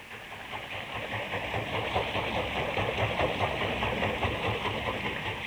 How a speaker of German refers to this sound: Ein Haus direkt am Bach. Sein munter fließendes Wasser dreht ein großes, hölzernes Rad. Drinnen im Haus treibt die Achse einen Mühlstein an. Eine Wassermühle.